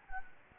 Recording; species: mosquito wingbeat signal from an infrared sensor; Anopheles gambiae